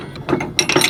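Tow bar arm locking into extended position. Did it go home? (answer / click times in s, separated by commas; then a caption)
yes / 0.6 s. After the pin is pulled, the telescoping arm of a Roadmaster Nighthawk tow bar between an RV and a Jeep is moved with a ratcheting metal sound. It locks into its extended position with a sharp click at 0.6 s, followed by a few smaller rattles.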